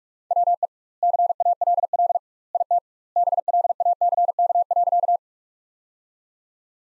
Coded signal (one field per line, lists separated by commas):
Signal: Morse code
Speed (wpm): 46 wpm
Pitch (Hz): 700 Hz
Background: none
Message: WE CALL IT BLACK.